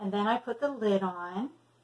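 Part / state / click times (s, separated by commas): cap onto lancing device / not seated / none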